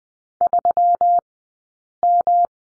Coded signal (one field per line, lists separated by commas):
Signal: Morse code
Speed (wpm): 20 wpm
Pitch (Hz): 700 Hz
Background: none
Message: 3M